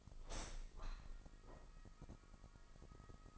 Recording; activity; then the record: daily activity, microphone in the room; open window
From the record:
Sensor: 5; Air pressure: 1004.7 hPa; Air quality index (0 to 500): 81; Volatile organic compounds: 1 ppm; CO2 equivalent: 972 ppm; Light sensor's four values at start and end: 34/79/32/31 and 34/79/32/31